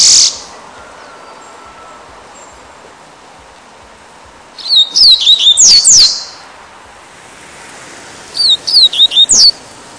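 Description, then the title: Double-collared Seedeater singing two brief phrases of rapid, high, slurred whistles, separated by a pause with background hiss. "Canto Coleiro"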